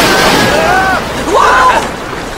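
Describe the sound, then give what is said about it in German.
A steady, loud roar of rushing floodwater fills the whole clip, with a few high, wavering vocal cries sliding up and down over the noise. “Die Flut kommt!”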